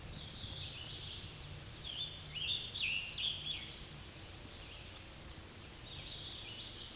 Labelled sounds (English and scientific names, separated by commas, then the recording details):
Scarlet Tanager (Piranga olivacea) song
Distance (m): 45 m
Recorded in a Pennsylvania forest on 19 May 2023 at 10:28
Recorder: AudioMoth, point grid1_10_low
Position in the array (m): 52 m, 102 m